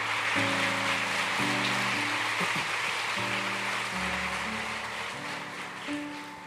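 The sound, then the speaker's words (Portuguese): An audience applauds visitors steadily for several seconds, a dense, even crackle of clapping, while soft sustained keyboard chords change underneath and the clapping slowly fades near the end. “Vamos dar um aplauso aos visitantes?”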